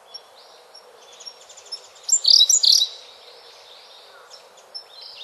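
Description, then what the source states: Siberian blue robin song: soft high ticking notes, then a loud rapid burst of high chirping notes lasting under a second. Recorded 27 April 2008.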